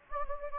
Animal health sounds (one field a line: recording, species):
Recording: mosquito wingbeat signal from an infrared sensor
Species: Anopheles gambiae